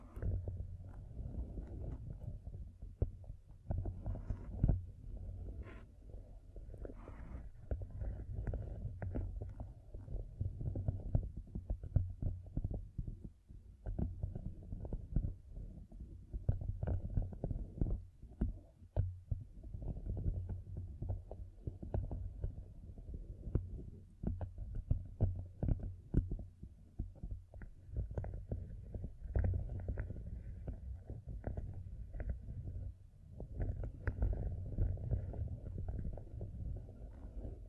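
Fingertips covered in gems tap and scratch continuously, making a dense, uneven stream of soft thuds and sharp clicks. The sound is mostly low and muffled, with brighter ticks scattered throughout. A steady low rumble sits underneath for the full length.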